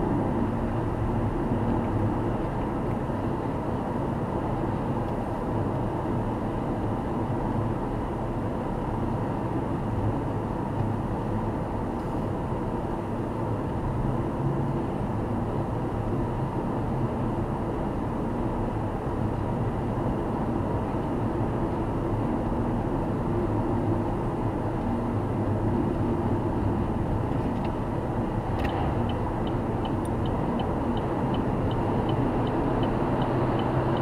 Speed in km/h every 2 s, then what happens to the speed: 91, 86, 83, 82, 82, 79, 79, 81, 83, 86, 88, 86, 83, 84, 88, 96, 102.
0-10 slows to 79. 10-19 speeds up to 88. 19-25 steady at about 86. 25-34 speeds up to 102.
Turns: none.